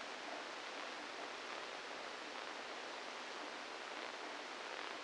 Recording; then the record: brain microelectrode recording played as sound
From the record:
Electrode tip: inside the subthalamic nucleus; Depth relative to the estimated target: -1 mm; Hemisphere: left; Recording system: NeuroSet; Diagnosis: Parkinson's disease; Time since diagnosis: 27 years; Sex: male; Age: 62 years